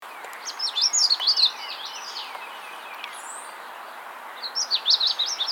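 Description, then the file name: Magnolia Warbler giving two short songs of quick, high, slurred notes, one at the start and one at the end, with a thin high note between them. "Setophaga magnolia - Magnolia Warbler"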